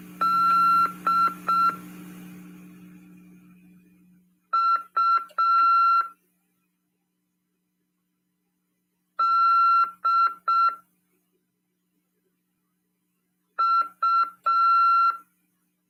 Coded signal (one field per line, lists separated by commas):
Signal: Morse code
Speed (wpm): 6 wpm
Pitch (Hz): 1360 Hz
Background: none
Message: DUDU